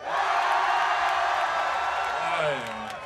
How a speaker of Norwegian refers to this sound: de som synes at Tore Sagens … parodi var den beste, roper nå